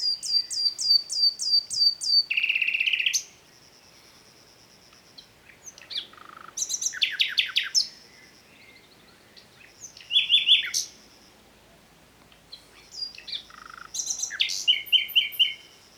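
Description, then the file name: Common nightingale opening with a fast run of repeated high notes, then a churring rattle, followed by pauses and further phrases of loud chips and rapid trills. "Luscinia megarhynchos"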